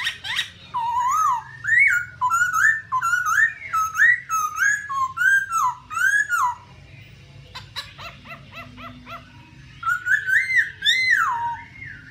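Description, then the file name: Black-throated laughingthrush singing looping, wavering whistled phrases in quick succession, a short pause, then more fluty rising-and-falling whistles. "tieng khuou bac ma hot"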